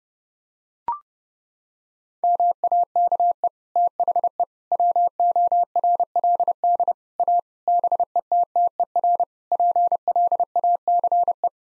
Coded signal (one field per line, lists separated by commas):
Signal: Morse code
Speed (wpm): 30 wpm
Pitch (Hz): 700 Hz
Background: none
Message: MAKE THE WORLD A BETTER PLACE